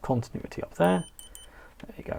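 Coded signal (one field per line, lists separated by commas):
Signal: none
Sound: multimeter continuity beeps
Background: speech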